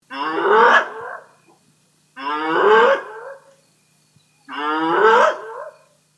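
Hyena calls: three separate long, harmonic cries, each about one and a half seconds long, with short silences between them.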